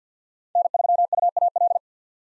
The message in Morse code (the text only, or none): N3UAL